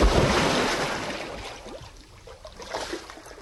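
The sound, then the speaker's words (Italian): A sound effect of diving into water and swimming a couple of strokes: water splashes and sloshes continuously, loudest at the start, then settles into softer, uneven bursts of churning water with no voices. “Oggi andiamo di effetti, Dottor Franzetti, ci siamo tuffati, stiamo anche facendo due bracciate e anche l'acqua, un po' come l'alta quota, mette un po' alla prova il nostro orecchio”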